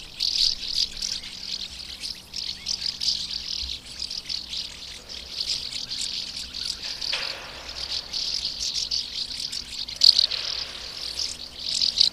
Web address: agykontroll Madardalok Cd 2. Molnárfecske